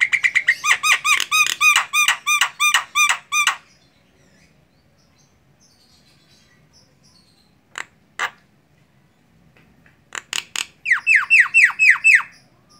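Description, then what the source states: Javan myna song: a fast run of loud, ringing, arched notes, a long silence, a few sharp chips, then another quick series of harsh notes. Singing; the local term for the song style is ngoceh.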